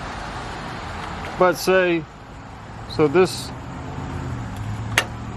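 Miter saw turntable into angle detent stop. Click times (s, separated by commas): 5.0 s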